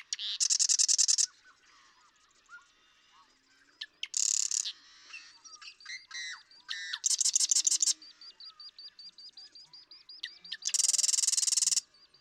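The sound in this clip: Marsh Wren song: several fast buzzing rattles, each with clicking introductory notes, separated by gurgling and squeaky notes, with faint repeated notes in between.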